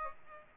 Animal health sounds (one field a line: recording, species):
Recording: mosquito wingbeat signal from an infrared sensor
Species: Aedes aegypti